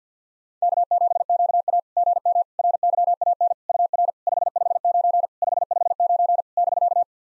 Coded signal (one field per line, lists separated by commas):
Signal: Morse code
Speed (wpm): 50 wpm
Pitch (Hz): 700 Hz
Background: none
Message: K7QA GM RYAN UR 559 559 <BK>